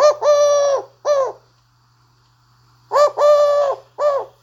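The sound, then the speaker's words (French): A Eurasian collared dove coos two phrases, each three notes in a short-long-short pattern, separated by a pause of about a second and a half. The calls are clear and prominent over a faint low hum. “Sachez que c'est la tourterelle turque.”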